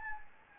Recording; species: mosquito wingbeat signal from an infrared sensor; Anopheles gambiae